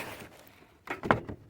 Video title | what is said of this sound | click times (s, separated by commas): Yaris/Vios Lower Grille Replacement | then you just push it in and you hear a clipping sound. | 1.1 s